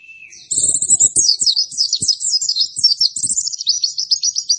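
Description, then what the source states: White-eye song: a soft thin note, then a fast, bright, high warbling twitter that runs on without pause, with scattered soft clicks beneath. Lively-singing ('gacor') white-eye song used to train cage birds.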